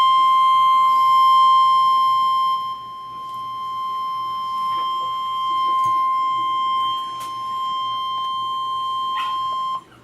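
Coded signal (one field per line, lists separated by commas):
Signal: Emergency Alert System (SAME) tones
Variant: 1050 Hz attention tone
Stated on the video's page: Tornado warning alert.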